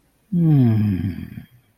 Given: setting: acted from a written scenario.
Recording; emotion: vocal sound without words; serenity